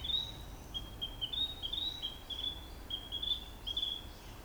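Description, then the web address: Narcissus flycatcher song: a string of clear, high whistled notes repeated in quick succession with short breaks. Recorded on 2 May 2008. "tosaka. 080502 kibitaki"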